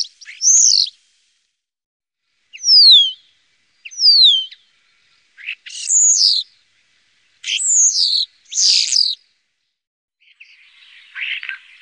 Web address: Faglar Sound Stare